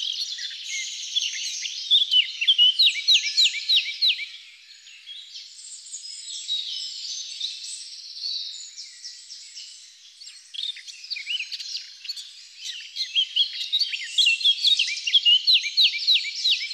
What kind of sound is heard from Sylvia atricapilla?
song